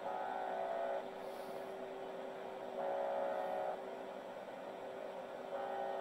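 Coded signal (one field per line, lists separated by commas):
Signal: channel marker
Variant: UVB-76 (The Buzzer)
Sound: harsh low buzzes about a second long, repeating every few seconds, over static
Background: radio static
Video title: The Buzzer. Russian Military TX.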